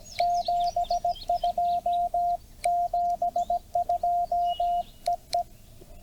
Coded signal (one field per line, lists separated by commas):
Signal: Morse code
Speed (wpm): 17 wpm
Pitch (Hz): 700 Hz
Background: none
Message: 72 72 EE